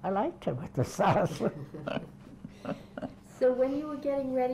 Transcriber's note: they laugh